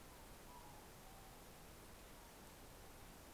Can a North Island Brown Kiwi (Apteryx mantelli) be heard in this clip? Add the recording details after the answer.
no. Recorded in New Zealand on 9 December 2013. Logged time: 23:28. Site DE65